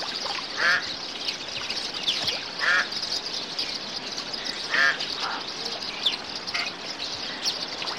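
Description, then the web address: Bird calls: three clear rasping, nasal notes roughly two seconds apart, plus a few fainter ones, against a steady high hiss. "audio animali uccelli 05 uccelli birds 01"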